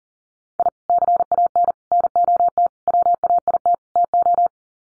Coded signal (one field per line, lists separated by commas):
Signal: Morse code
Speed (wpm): 40 wpm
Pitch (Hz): 700 Hz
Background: none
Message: I CAN NOT WAIT TO